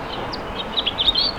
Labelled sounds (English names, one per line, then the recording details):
House Finch song
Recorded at Westbury on Long Island, New York, on 27 May 2013
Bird A